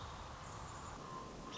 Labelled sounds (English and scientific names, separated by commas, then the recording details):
American Robin (Turdus migratorius)
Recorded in Sonoma County, California